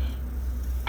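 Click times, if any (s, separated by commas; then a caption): none. During a Yamaha outboard propeller replacement, a metal spacer/washer is being pushed onto the splined propeller shaft behind the prop. A steady low hum runs throughout, with a brief sharp tick near the end. The spacer has not locked into place yet; nothing has seated.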